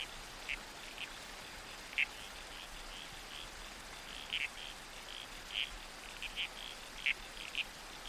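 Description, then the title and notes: Red-crowned toadlet, brief buzzy squelches at uneven intervals, some doubled, with continuous hiss of water and moving trees behind. Night soundscape in the bush with a babbling creek and trees swaying in the wind. "Soundscape - Red-Crowned Toadlet. the babbling creek. the whispered sway of trees in the wind. the murmurs of the bush. Nocturnal Worlds. Australian Museum"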